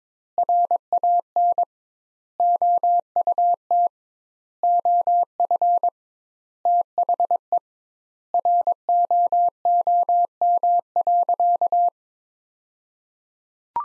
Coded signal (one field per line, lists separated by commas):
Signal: Morse code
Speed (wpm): 22 wpm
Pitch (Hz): 700 Hz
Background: none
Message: RAN OUT OF THE ROOM.